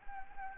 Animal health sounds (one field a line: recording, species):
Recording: mosquito wingbeat signal from an infrared sensor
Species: Anopheles gambiae